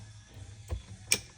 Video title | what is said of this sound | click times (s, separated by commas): RAM 8.4” CarPlay Radio Upgrade For 2013-2017 OEM Solutions | and hear it snap like that. | 1.1 s